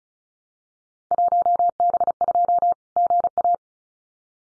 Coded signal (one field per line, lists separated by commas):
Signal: Morse code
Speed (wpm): 36 wpm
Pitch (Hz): 700 Hz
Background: none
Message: 1B2 GA